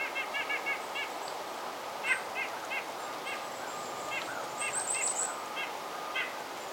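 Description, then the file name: White-breasted nuthatch giving soft nasal notes in short quick series, repeated throughout, with thin high whistles from other birds. "Sitta carolinensis - White-breasted Nuthatch"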